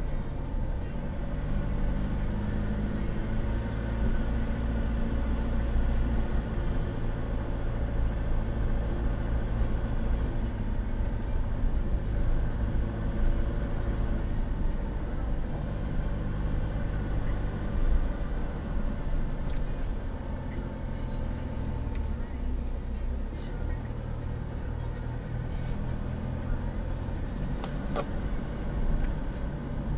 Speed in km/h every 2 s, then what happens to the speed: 14, 17, 19, 20, 21, 20, 20, 16, 16, 14, 11, 9, 10, 13, 15.
0-9 speeds up to 21. 9-23 slows to 9. 23-30 speeds up to 15.